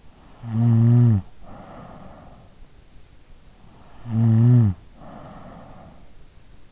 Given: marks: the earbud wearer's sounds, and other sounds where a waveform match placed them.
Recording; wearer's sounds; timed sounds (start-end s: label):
sounds in sleep by an in-ear microphone; snoring breath
0.32-2.49 s: snoring breath
3.95-6.09 s: snoring breath